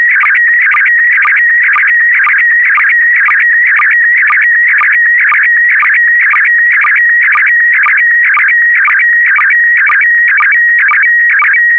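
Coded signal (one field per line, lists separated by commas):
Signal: SSTV (slow-scan television)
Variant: PD120 mode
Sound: warbling electronic tone with a steady pitch, chirping jumps and rhythmic low ticks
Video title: (11 of 12) ISS Expedition 65 - MAI 75 August 2021 - Retransmission SSTV PD120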